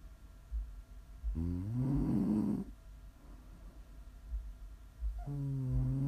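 A loud, buzzing snore from an adult sleeper lasting about a second and a half, its pitch rising through the breath, then a quiet pause and a second snore beginning at the end. A low rumble fills the background. Plain snoring, offered as ASMR for relaxing and falling asleep.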